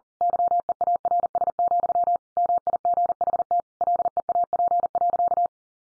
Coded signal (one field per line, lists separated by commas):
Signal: Morse code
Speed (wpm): 40 wpm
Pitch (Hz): 700 Hz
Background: none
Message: YEARS, MIGHT LEAP.